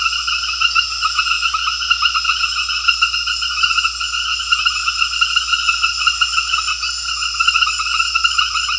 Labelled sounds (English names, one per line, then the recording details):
none
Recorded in secondary vegetation near Puerto Asís, Putumayo, Colombia, on 8 March 2025 at 20:30
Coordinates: 0.498, -76.327
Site G001